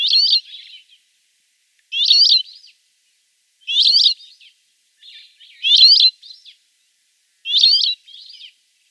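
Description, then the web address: Rock sparrow giving five wheezy, buzzy high phrases about every two seconds, each a loud nasal squeal trailed by quieter rasping notes. "Schulze Peter Rock Sparrow song"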